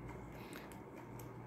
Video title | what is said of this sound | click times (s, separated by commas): 如何更換 ACER 4752G 筆電 LCD 液晶螢幕 生活DIY | 我们刚才呢基本上就是把这个呢卡榫把它推进去而已，所以它现在已经卡住了 | 0.6 s, 0.7 s, 1.2 s